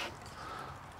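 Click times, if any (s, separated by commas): none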